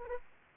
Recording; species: mosquito wingbeat signal from an infrared sensor; Anopheles arabiensis